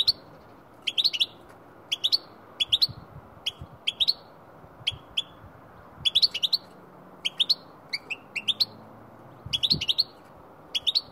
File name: goldfinch